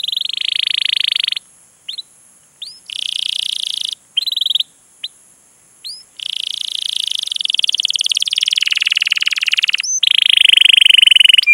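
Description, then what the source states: Canary song in bursts of buzzy trills, broken by short gaps and brief upslurred chips. Canary song used as a lure to prompt other canaries to sing; long, energetic singing.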